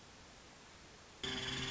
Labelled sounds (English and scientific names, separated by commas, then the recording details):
Nuttall's Woodpecker (Dryobates nuttallii)
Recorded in Sonoma County, California